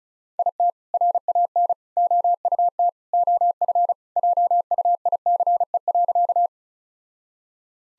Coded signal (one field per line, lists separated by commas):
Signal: Morse code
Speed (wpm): 34 wpm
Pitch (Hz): 700 Hz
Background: none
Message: IT RAN OUT OF JUICE.